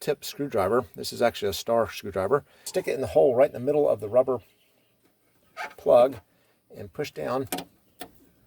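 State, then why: Seated. A blunt-tipped star screwdriver is pushed into the middle of the rear rubber anchor plug of a Sebring convertible top pump motor, put back in position, pressing it down into its hole in the bracket while someone talks. The plug snaps into place with a short click at 8.0 seconds.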